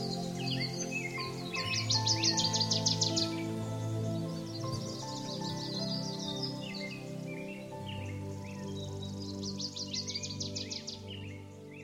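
Bird song: high, rapid trilled bursts in three bouts, with scattered chirps between, over a steady low drone.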